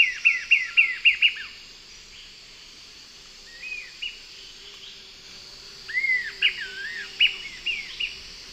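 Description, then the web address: Sirystes giving a fast burst of several sharp whistled notes, then quieter notes and a looping series of slurred whistles, with steady insect hiss behind. South American Eastern Lowlands; two birds calling and singing. "Natures Songs S America Eastern Lowlands. Sirystes sibilator, call and song 2 birds"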